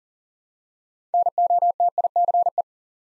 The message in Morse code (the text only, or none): NOTICE